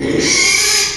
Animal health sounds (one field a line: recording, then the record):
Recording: squeal of a Yucatan mini pig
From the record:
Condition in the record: after surgery on the right vocal fold (resection and tissue-engineered implant)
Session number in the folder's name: 2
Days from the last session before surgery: 13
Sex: male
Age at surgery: 12 weeks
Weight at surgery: 13 kg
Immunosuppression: cyclosporine, prednisolone